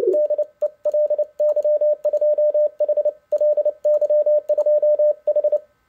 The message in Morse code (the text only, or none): DE LY2H LY2H